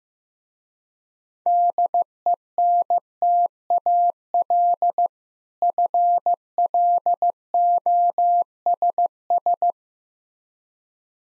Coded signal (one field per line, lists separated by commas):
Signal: Morse code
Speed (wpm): 15 wpm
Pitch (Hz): 700 Hz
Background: none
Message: DENTAL FLOSS